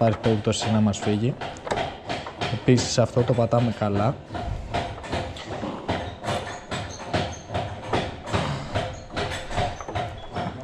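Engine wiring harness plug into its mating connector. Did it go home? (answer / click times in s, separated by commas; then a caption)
yes / 7.9 s. Someone talks while an engine wiring harness plug on a small Honda Innova carburetor motorcycle is pressed firmly into its mating plastic connector. A click is heard at 7.9 s as the plug seats fully and is pushed home.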